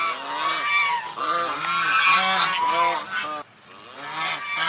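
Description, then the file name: Domestic goose honking rapidly, a steady chatter of quick nasal honks that barely pauses, dipping briefly near the end. White goose. "suara angsa putih"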